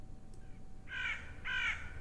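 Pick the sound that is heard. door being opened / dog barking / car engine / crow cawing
crow cawing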